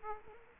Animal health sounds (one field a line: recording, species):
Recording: mosquito wingbeat signal from an infrared sensor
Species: Aedes aegypti